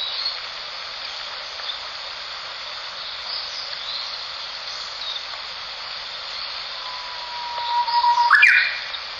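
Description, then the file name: Japanese bush warbler singing a single phrase near the end: a sustained low whistle followed by a sharp, fluttering upward flourish, against steady background hiss. "ウグイス"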